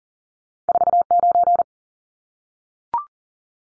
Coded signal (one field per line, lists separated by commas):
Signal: Morse code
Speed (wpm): 39 wpm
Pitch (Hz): 700 Hz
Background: none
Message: 49